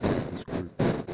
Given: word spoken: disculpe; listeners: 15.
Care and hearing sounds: one Spanish word in noise, from a listening test; noise modulated by one talker; -11.1 dB; 1 of 15; 10 of 15; 0.74 s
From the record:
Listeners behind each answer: 10, 1, 1, 1, 1, 1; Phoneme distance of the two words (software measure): 10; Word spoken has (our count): 3 syllables, 8 phonemes, stress on syllable 2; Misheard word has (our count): 3 syllables, 8 phonemes, stress on syllable 2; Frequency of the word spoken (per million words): 2.20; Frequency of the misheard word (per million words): 5.13

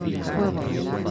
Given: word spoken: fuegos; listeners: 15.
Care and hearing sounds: one Spanish word in noise, from a listening test; eight-talker babble; -2.4 dB; 3 of 15; 11 of 15; 0.71 s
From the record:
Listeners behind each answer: 11, 3, 1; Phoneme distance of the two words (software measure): 10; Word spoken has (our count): 2 syllables, 6 phonemes, stress on syllable 1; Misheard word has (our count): 2 syllables, 6 phonemes, stress on syllable 1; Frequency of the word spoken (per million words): 7.50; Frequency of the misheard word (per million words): 64.35

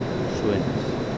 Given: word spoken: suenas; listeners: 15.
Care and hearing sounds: one Spanish word in noise, from a listening test; speech-shaped noise; -4.0 dB; 3 of 15; 6 of 15; 0.78 s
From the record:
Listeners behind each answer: 6, 3, 3, 2, 1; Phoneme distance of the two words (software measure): 10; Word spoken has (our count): 2 syllables, 6 phonemes, stress on syllable 1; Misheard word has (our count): 2 syllables, 6 phonemes, stress on syllable 1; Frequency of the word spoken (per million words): 0.08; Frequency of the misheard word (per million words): 0.51

